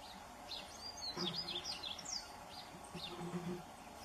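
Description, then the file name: Black-throated mango song: thin, squeaky high chips and short rising-falling notes in quick irregular runs, over background hiss. "Canto do beija flor manga de peito preto"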